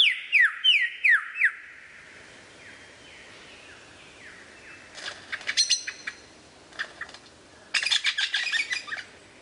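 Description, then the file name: Lyrebird song: a fast series of descending whistled sweeps, then softer glides, followed by harsh rattling bursts and a final burst of scratchy notes. Variations of the song. "suara lyrebird variasi"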